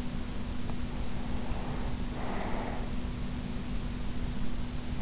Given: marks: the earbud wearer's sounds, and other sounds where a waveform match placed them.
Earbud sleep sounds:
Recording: sounds in sleep by an in-ear microphone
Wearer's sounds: breath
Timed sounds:
1.10-3.23 s: breath

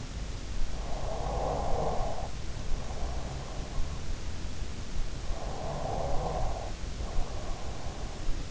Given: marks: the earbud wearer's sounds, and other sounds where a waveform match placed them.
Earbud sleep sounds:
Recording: sounds in sleep by an in-ear microphone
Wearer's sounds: breath, snoring breath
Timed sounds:
0.32-3.57 s: breath
4.74-5.46 s: snoring breath
4.98-8.51 s: breath

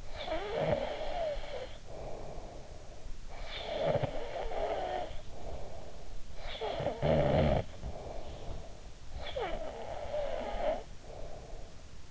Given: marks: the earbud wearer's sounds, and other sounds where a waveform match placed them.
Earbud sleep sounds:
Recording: sounds in sleep by an in-ear microphone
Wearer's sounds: snoring breath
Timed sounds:
0.00-12.11 s: snoring breath

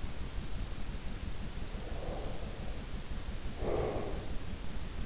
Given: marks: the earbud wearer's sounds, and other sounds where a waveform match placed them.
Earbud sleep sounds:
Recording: sounds in sleep by an in-ear microphone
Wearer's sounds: breath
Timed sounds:
1.58-4.33 s: breath

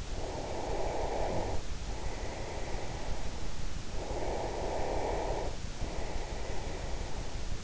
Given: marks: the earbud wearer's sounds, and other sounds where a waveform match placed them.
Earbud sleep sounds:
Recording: sounds in sleep by an in-ear microphone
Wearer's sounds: breath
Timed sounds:
0.00-3.21 s: breath
3.77-7.33 s: breath

